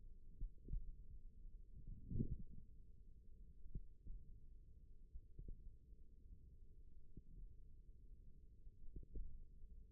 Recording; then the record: forearm muscle sounds (acoustic myography)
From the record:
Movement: finger pinch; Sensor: system 1, eight BSWA MPA416 microphones around the upper forearm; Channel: 4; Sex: female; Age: 21 years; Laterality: right